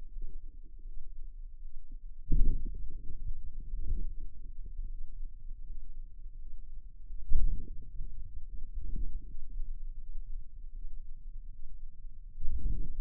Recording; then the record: forearm muscle sounds (acoustic myography)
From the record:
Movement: hand closing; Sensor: system 2, bracelet of six BSWA MPA416 microphones around the upper forearm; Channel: 4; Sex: female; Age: 23 years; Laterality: right